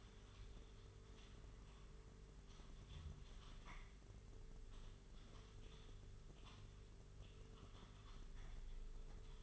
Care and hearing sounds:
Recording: daily activity, microphone in the room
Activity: typing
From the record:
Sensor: 4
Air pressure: 991.8 hPa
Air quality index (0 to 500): 120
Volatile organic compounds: 27 ppm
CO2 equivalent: 2880 ppm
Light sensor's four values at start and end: 20/65/24/24 and 20/65/24/24

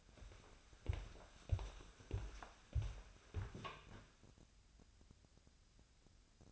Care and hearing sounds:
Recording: daily activity, microphone in the room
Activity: walk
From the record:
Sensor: 2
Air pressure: 1015.2 hPa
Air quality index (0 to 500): 108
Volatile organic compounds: 3 ppm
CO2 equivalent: 1390 ppm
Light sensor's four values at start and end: 14/38/15/17 and 14/38/15/17

